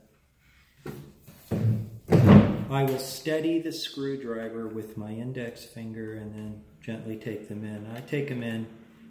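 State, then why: Not seated. During reassembly of a Suzuki Sirus 14 knock-off chromatic harmonica, a small screw is started into a threaded hole in the harmonica cover or comb, with the screwdriver steadied by an index finger, while someone talks throughout. Two brief handling knocks come near 0.9 s and 1.5 s. Nothing has clicked into the thread or seated yet when the clip ends.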